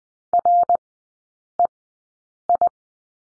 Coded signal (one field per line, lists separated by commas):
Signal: Morse code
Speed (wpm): 19 wpm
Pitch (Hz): 700 Hz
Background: none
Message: REI